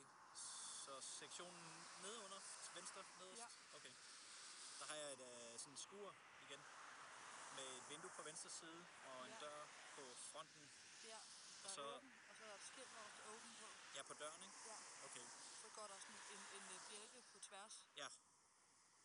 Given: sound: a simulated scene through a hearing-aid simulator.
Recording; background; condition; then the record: conversation; traffic; +4 dB SNR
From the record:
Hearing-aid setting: III (slow-acting compression, loudness normalization, advanced features for about 2.5 dB of SNR improvement); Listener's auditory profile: A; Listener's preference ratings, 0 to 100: 84, 28, 61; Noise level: 75 dB SPL